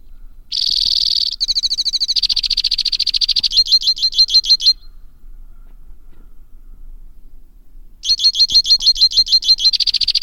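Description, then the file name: White-winged crossbill song of rapid high trills, shifting from a dense buzz to spaced chirping pulses; after a silent gap the song starts again. "suara kicauan burung white winged crossbill. omkicau"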